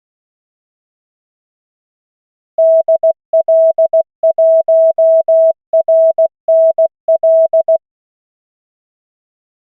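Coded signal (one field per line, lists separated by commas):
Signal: Morse code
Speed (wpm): 16 wpm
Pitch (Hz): 650 Hz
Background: none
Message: DL1RNL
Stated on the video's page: Morse callsign practice drill at 16 WPM from an online CW trainer.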